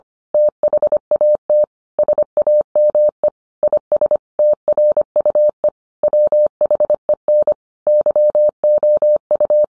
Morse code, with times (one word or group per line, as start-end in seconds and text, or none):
0.3-1.6 THAT
2.0-3.3 SAME
3.6-4.2 IS
4.4-5.7 TRUE
6.0-7.5 WHEN
7.9-9.6 YOU